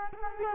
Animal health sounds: mosquito wingbeat signal from an infrared sensor; Culex quinquefasciatus

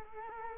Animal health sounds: mosquito wingbeat signal from an infrared sensor; Culex quinquefasciatus

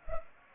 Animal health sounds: mosquito wingbeat signal from an infrared sensor; Culex pipiens

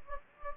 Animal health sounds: mosquito wingbeat signal from an infrared sensor; Anopheles gambiae

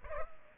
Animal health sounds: mosquito wingbeat signal from an infrared sensor; Culex pipiens

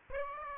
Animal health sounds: mosquito wingbeat signal from an infrared sensor; Aedes aegypti

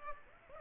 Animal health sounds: mosquito wingbeat signal from an infrared sensor; Aedes aegypti

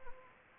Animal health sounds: mosquito wingbeat signal from an infrared sensor; Anopheles gambiae

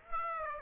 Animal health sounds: mosquito wingbeat signal from an infrared sensor; Aedes aegypti

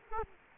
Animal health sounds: mosquito wingbeat signal from an infrared sensor; Culex quinquefasciatus

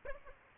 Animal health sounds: mosquito wingbeat signal from an infrared sensor; Aedes aegypti

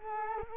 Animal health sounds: mosquito wingbeat signal from an infrared sensor; Culex quinquefasciatus

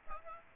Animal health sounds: mosquito wingbeat signal from an infrared sensor; Aedes aegypti

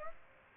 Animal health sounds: mosquito wingbeat signal from an infrared sensor; Aedes aegypti

